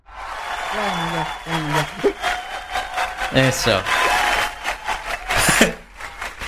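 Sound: applause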